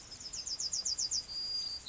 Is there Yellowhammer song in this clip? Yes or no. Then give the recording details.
yes. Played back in grassland. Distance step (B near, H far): E. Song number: 116